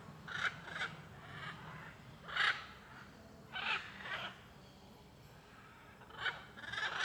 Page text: Rua em Alto Paraiso com muitas araras cantando e carros passando. Arquivo de Arara-canindé - Coleção Sonora do Cerrado